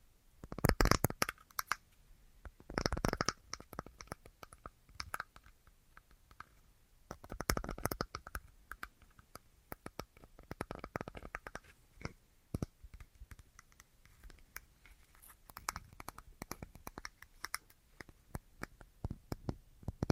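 Quick, uneven tapping and clicking with dense flurries near one, three and seven seconds, then lighter, scattered taps that continue to the end.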